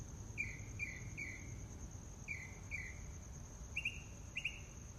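Mockingbird song: groups of quick repeated notes, switching to a different sharper note type partway, against a continuous shrill insect tone.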